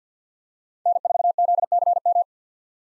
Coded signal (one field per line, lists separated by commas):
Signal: Morse code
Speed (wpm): 50 wpm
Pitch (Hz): 700 Hz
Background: none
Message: N4ZCM